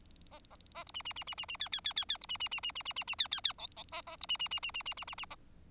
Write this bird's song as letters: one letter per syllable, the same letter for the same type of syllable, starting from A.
A A A B C C C C C C D D D D D B C C C C C C C C D D D E E A A B C C C C C C C C C A